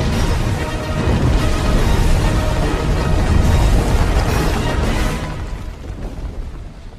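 Volcanoes erupt and explode, sending out a huge shockwave, with heavy, continuous low rumbling and blasting, a loud wall of noise that swells for several seconds before easing slightly toward the end. No voices are heard.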